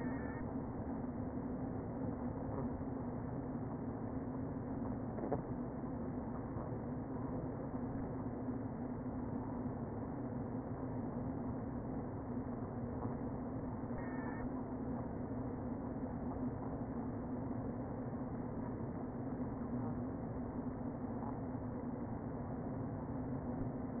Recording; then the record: honeybee colony, microphone inside the hive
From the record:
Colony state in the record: queen present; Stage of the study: before two queens were removed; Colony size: about 60,000 bees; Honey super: yes